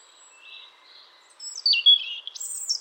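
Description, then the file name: European robin song: faint high thin notes, then a clearer short phrase of sliding, looping high notes rising at the close. "Erithacus rubecula"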